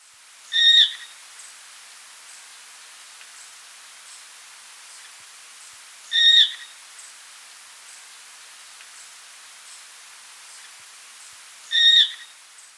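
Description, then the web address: Blue-fronted parrotlet calls: short, harsh, harmonic notes given singly about every five and a half seconds, three in all, over faint hiss. Ecuador. "Birds of Ecuador. Blue-fronted Parrotlet"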